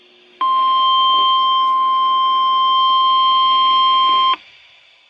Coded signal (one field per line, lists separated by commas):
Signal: Emergency Alert System (SAME) tones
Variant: 1050 Hz attention tone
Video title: Another Big Milestone! 7/29/20 & 7/30/20 Compilation EAS #385 - 400!